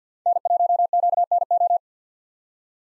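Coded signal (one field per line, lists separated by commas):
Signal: Morse code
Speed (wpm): 50 wpm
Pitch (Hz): 700 Hz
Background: none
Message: N1QNO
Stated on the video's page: US 5-character call sign practice at 50 wpm with Farnsworth 6x character spacing for head-copy.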